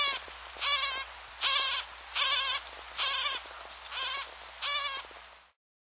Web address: Songs of Birds of North America Western USA Songbirds. Least Grebe